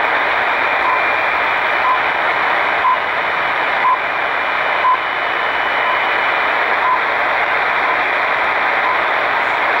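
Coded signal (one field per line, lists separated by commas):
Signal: radio time signal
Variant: RWM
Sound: loud radio hiss with short faint high beeps once every second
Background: radio static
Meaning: Each short pip marks one second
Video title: RWM Moscow time pips on 9996 khz Tecsun pl-600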